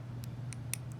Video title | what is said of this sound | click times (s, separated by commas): Building R2-D2 Issue 6 | and let it click in place then | 0.7 s